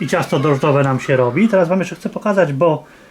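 A man talks while demonstrating a Bosch OptiMUM MUM9AX5S00 kitchen stand mixer, having just described swapping the beater for the dough hook, as he handles a mixer attachment or arm that goes into the stand mixer body. Only his voice is heard, and the clip ends before the part goes home: nothing has seated or clicked yet.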